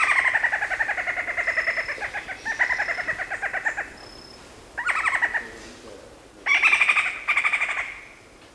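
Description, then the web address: Golden-headed quetzal giving rapid chattering rattles in several bursts separated by short pauses. Recorded in Ecuador. "Birds of Ecuador. Golden-headed Quetzal"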